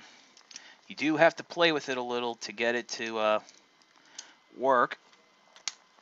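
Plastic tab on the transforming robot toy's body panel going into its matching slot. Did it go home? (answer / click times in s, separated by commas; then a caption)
yes / 5.7 s. A plastic tab on a transforming robot toy's chest/head body panel is worked into its matching slot during a transformation while someone talks, with small handling clicks along the way. At 5.7 s the tab snaps home into its slot with a sharp click, and it is seated.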